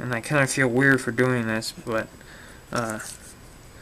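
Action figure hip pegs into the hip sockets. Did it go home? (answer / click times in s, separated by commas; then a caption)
no / none. Someone talks while handling an action figure, about to push the tight, tiny side pegs on its hips into their plastic hip sockets. Only the voice and faint handling noise are heard, and nothing has seated or clicked yet.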